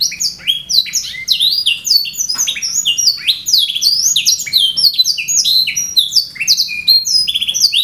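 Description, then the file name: Canary giving a nonstop stream of high, quick whistles and buzzy rolls, the phrases tumbling downward in pitch, above a faint low hum. Song style called raja melodi. "audio kenari raja melodi omkicau"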